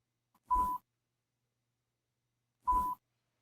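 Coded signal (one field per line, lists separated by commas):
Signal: beep code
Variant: hearing aid volume beep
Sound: two short mid-pitched beeps about two seconds apart, each with a button click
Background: quiet room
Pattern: 2 short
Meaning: Each single beep means volume decreased by one step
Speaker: You'll hear one beep every time the volume level is decreased.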